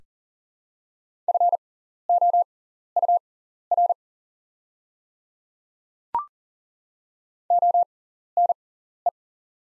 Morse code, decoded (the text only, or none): FOUR ONE